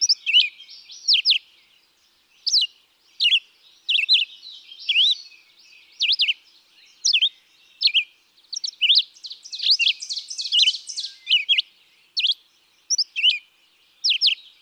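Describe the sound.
Red-eyed vireo giving terse whistled phrases at an unhurried pace, with a buzzy, rapid passage in the second half.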